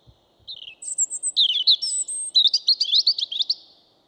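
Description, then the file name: European robin song: a thin high descending note, then a tumbling sequence of sweet, wavering, high-pitched trills and twitters lasting about three seconds. "Erithacus rubecula"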